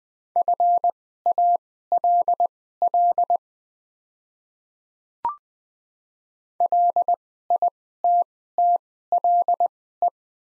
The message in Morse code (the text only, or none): FALL LITTLE